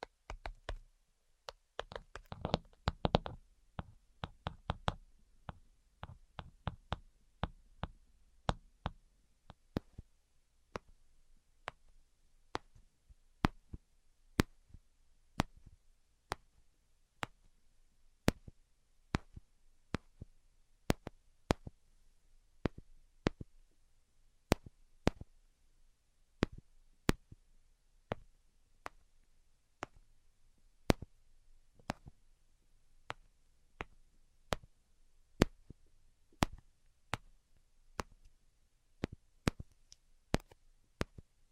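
Tapping with no voice: a quick burst of dense, overlapping taps in the first few seconds, some with a soft thud underneath. After that, single crisp clicks and taps fall about once a second, fairly evenly, over a quiet background.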